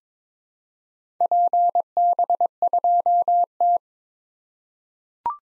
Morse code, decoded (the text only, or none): PB2T